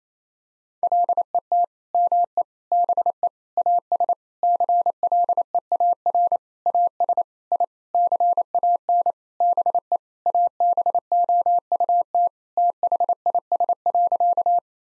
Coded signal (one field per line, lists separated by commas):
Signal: Morse code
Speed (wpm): 27 wpm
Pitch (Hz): 700 Hz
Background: none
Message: LET ME BE AS CLEAR AS I CAN BE ABOUT THIS.